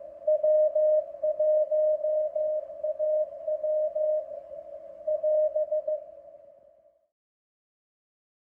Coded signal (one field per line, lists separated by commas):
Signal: Morse code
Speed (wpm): 15 wpm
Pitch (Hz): 610 Hz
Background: radio noise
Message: W1AW <AS>